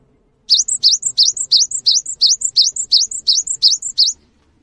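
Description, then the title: Cinereous tit song: a fast, steady run of about a dozen bright two-note phrases, each a rising whistle snapping to a higher sharp note, lasting under four seconds. Singing actively (gacor); its long chirping calls (wucit) stir other birds of its kind to start calling along. "GELATIK BATU GACOR WUCIT PANJANGNYA BIKIN GELATIK LAIN JADI TERPANCING UNTUK IKUT BUNYI"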